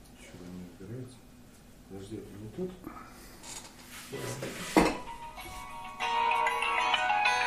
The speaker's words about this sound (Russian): Вот телефончик звонит.